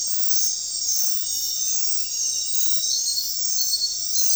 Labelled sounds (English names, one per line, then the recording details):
none
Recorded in dense forest near Puerto Asís, Putumayo, Colombia, on 21 February 2024 at 00:30
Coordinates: 0.500, -76.322
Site G6465